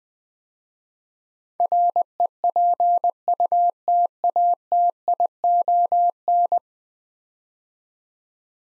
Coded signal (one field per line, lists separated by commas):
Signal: Morse code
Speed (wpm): 20 wpm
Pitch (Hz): 700 Hz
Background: none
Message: REPUTATION